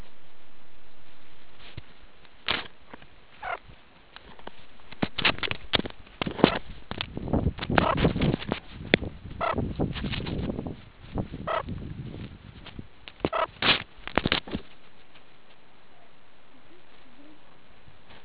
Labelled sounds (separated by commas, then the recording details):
meerkat close call
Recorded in the Kuruman River Reserve, South Africa
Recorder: an audio tag on a meerkat's collar